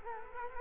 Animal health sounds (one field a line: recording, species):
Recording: mosquito wingbeat signal from an infrared sensor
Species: Culex quinquefasciatus